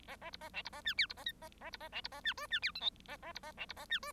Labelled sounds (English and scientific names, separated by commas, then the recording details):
Bengalese Finch (Lonchura striata domestica) song
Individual Bird1